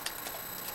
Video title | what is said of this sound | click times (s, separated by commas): Transformers Animated: Leader Megatron - SSJ Reviews 60 | I'll reload by pulling this back to a Clicks in place and push in the missile until that also Clicks in place | 0.1 s